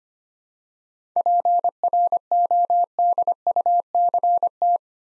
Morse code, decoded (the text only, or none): PRODUCT